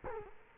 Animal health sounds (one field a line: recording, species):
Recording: mosquito wingbeat signal from an infrared sensor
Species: Culex quinquefasciatus